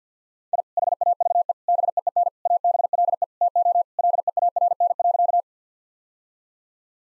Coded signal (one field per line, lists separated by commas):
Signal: Morse code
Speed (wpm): 50 wpm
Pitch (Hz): 700 Hz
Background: none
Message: I HAVE BEEN ABLE TO LEARN.